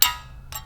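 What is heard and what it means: An M logo clip is pressed onto the rear brake caliper of a 2025 G80 M3 LCI and snaps on with a sharp, bright click at 0.0 s. That click decays over about a quarter second, and a softer second rustle follows near 0.5 s. The clip is seated and stays on when pushed with fingernails, moving only a little.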